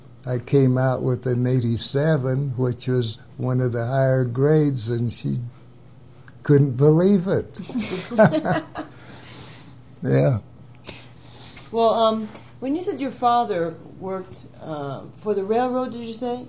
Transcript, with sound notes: I came out with an eighty-seven which was one of the higher grades and she -uh—couldn't believe it. (laughs) Yeah.
Well -um—when you said your father worked -uh—for the railroad did you say?